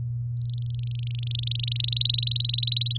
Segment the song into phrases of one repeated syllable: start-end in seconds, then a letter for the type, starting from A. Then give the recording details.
0.37-1.78 A, 1.79-2.97 B. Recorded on 10 May 2018 at 06:09. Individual llb16